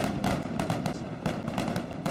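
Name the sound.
fireworks sound effect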